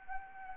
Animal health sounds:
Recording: mosquito wingbeat signal from an infrared sensor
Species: Anopheles arabiensis

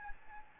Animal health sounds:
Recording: mosquito wingbeat signal from an infrared sensor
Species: Aedes albopictus

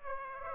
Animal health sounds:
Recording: mosquito wingbeat signal from an infrared sensor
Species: Aedes aegypti

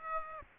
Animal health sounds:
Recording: mosquito wingbeat signal from an infrared sensor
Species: Aedes aegypti

